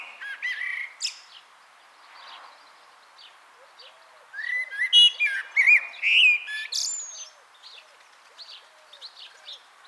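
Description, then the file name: Common blackbird singing a rich, warbled phrase that breaks into high, scratchy twitters, with a softer phrase near the start and quiet background twittering. "Turdus merula"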